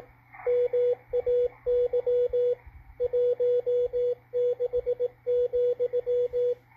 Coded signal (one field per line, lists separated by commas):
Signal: Morse code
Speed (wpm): 18 wpm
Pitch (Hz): 490 Hz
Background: radio noise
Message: MAY 16,